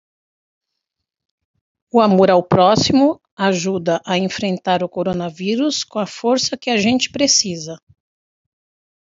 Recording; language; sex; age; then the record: spoken sentence; Brazilian Portuguese; female; 50 to 59 years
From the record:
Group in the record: control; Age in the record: 58 years